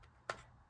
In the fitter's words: this, and then you have to kind of click it into place. So you have to make sure that it goes like